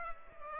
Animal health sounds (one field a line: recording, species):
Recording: mosquito wingbeat signal from an infrared sensor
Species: Culex pipiens